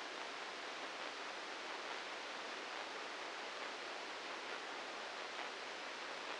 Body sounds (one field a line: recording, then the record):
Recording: brain microelectrode recording played as sound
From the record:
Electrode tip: inside the subthalamic nucleus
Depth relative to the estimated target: -4 mm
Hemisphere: right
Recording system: NeuroSet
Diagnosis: Parkinson's disease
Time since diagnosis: 8 years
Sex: male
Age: 59 years